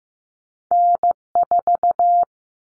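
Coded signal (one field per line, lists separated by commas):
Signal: Morse code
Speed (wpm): 15 wpm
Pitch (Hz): 700 Hz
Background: none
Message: N4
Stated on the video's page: Practice drill at 15wpm of two-digit cut numbers, each sent in Morse, spoken, then sent again for head-copy.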